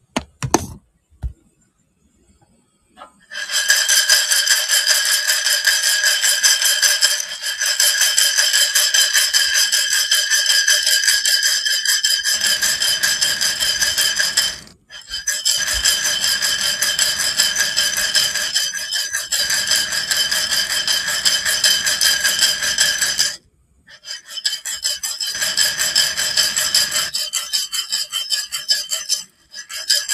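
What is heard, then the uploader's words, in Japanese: Kitchen tidying: a couple of sharp knocks open, then a loud, steady, bright rasping whir starts about three seconds in. It runs in three long stretches, broken by brief silences around fifteen and twenty-three seconds, before stopping just before the end. キッチン周りのお片付け。Sujataはお話はいたしません。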